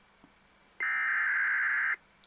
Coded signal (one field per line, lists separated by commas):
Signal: Emergency Alert System (SAME) tones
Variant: header bursts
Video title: EAS 1640 SVR NWS San Angelo